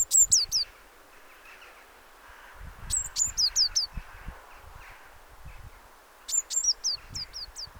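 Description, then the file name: Eurasian blue tit calls: sharp high notes and quick falling hooks in three bursts, plus a few extra thin notes and low rumbling noise. "Cyanistes caeruleus"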